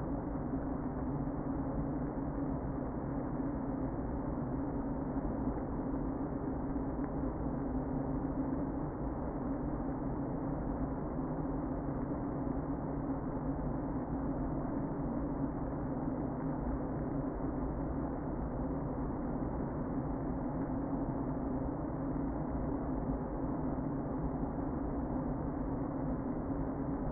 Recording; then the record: honeybee colony, microphone inside the hive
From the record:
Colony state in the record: queen present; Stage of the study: before two queens were removed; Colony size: about 60,000 bees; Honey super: yes